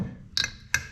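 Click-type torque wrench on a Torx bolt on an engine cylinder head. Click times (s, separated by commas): 0.7 s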